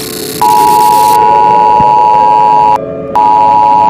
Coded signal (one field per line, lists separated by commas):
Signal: Emergency Alert System (SAME) tones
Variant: 853 and 960 Hz attention tone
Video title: EAS Germany (Mock)